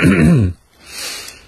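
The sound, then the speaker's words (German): A single throaty, voiced clearing of the throat, loud and rough for about half a second, then trailing off into a faint, breathy hiss. “Muss ich auch gleich husten, wo da immer jemand gehustet hat.”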